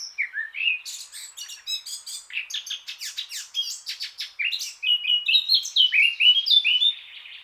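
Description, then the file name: Eurasian blackcap song: a fast, scratchy, chattering warble breaking into louder, clear, fluty whistled phrases. "Sylvia atricapilla"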